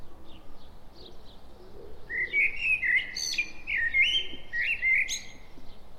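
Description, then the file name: Common blackbird song: a rich whistled warble of several mellow notes, broken by high thin squeaks, with faint chirps of other birds in the background. "Turdus merula"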